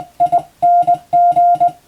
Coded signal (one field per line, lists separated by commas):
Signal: Morse code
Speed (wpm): 19 wpm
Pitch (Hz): 700 Hz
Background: music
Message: ING